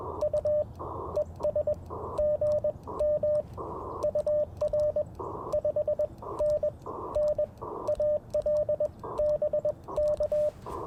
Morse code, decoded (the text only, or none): U ES GM UR 5NN AL BK